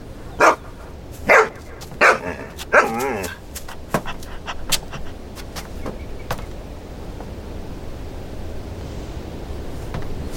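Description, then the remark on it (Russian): A dog running after a man lets out four sharp barks in quick succession, then pants and snuffles more softly before fading to a quiet, steady background hiss. “Убегает, пес бежит за ним.”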